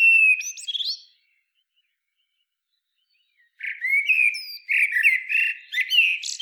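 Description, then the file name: Common blackbird song: the end of one phrase with squeaky twitters, a long silence, then a fuller fluting warble mixed with high chattering notes. "Turdus merula"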